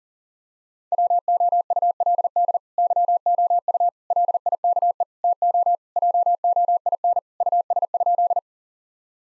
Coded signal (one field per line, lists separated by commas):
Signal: Morse code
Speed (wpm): 40 wpm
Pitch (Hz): 700 Hz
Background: none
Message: WOULD YOU LIKE TO JOIN US?